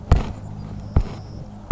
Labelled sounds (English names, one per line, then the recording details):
Savannah Sparrow
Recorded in Sonoma County, California